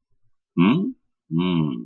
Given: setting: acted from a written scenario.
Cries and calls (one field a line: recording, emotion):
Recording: vocal sound without words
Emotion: realization